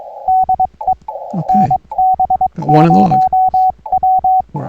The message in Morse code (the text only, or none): DE NB0W